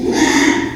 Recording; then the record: squeal of a Yucatan mini pig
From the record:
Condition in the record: after surgery on the right vocal fold (resection and tissue-engineered implant); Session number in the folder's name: 3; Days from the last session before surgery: 33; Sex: male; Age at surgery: 12 weeks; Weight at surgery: 13 kg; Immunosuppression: cyclosporine, prednisolone